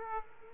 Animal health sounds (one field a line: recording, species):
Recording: mosquito wingbeat signal from an infrared sensor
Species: Aedes aegypti